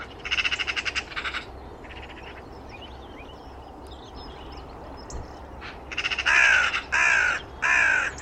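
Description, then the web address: Bird calls, harsh cawing bursts in quick rapid series at the start, then louder broad grating calls in three blocks near the end, over steady background hiss. "birddata Deverinetal 2025"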